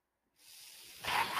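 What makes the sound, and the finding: Home mechanical ventilator. Mechanical ventilator noise.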